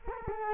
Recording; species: mosquito wingbeat signal from an infrared sensor; Culex quinquefasciatus